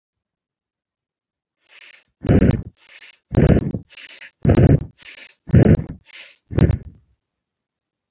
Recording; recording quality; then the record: shallow breathing; excellent, no background noise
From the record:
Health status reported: healthy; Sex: male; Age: 31 years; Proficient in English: yes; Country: India